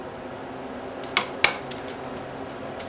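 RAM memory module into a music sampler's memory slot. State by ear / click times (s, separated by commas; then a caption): seated / 1.2 s, 1.4 s. A RAM memory module, tilted at an angle in the memory slot of an Akai MPC2500 or MPC1000 music sampler, is pushed down until its retaining clips snap. Over a steady low hiss, two sharp clicks ring out at 1.2 s and 1.4 s, followed by a few fainter ticks near 1.7 s and 1.9 s. The module is seated in place.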